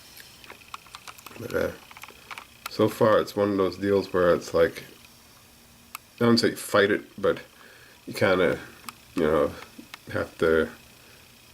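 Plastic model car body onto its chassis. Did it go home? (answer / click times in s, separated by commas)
yes / 5.9 s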